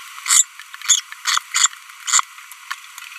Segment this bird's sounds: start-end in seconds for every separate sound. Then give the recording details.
0.26-0.42, 0.82-1.00, 1.25-1.38, 1.54-1.67, 2.06-2.20. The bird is a female. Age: 25 days. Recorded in a nest box in Venezuela. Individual 17B42B1